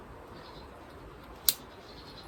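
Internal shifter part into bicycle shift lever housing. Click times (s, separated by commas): 1.5 s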